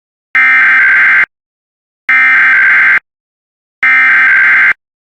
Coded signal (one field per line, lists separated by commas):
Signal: Emergency Alert System (SAME) tones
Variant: header bursts